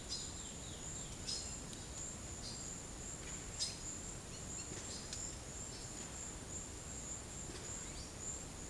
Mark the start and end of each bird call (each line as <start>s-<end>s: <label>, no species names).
0.00s-1.54s: bird call
3.54s-3.86s: bird call